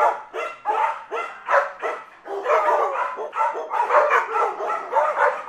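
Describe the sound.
Dogs in a pack barking and yelping together, with rapid overlapping barks and whining yips in a continuous, excited clamour.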